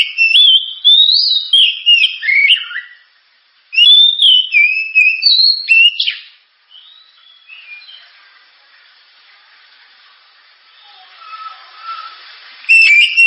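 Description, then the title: Oriental magpie-robin song in two loud bursts of rapid, jumping whistled notes, a long quiet gap with faint hiss, then the singing restarts at the end. Gacor (persistently singing) song with a sharp, very loud voice, presented as a lure recording for training other birds. "Kacer Gacor Suara Tajam. Kacer Gacor Suara Super Kenceng Cocok untuk Pancingan"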